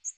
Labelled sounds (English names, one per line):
Northern Waterthrush flight call